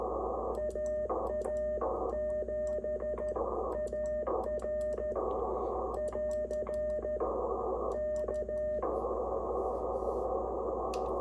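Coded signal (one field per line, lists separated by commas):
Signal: Morse code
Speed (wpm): 13 wpm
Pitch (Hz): 610 Hz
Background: radio noise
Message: AA7AR <AR> K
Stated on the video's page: K2 transceiver on its first bench test after unboxing, calling with no contacts made; the Reverse Beacon Network spotted it in four US states and two Canadian provinces.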